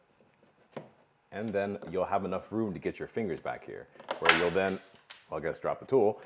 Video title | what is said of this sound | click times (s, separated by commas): Side Mirror Ditch Lights Kit Installation (3rd Gen Toyota Tacoma) | And you'll hear a click and then another click. | 0.3 s, 0.8 s